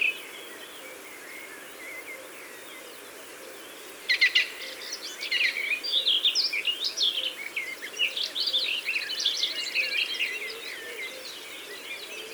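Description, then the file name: Garden warbler song, quiet at first, then from about four seconds a lively, rich warble running on steadily. "Fauvette des jardins ABC des chants doiseaux"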